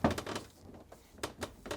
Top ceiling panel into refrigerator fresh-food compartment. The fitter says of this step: then firmly press the panel up to lock into place